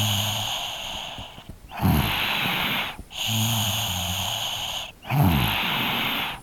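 Noisy breaths come in a steady rhythm, about two full breath cycles in six seconds. Some breaths carry a low buzzing rattle from vibrating soft tissue in the throat. This is ordinary snoring in a sleeping 3-year-old child.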